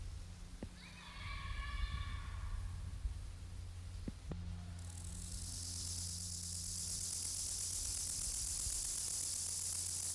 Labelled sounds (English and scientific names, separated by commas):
Bow-winged Grasshopper (Chorthippus biguttulus) stridulation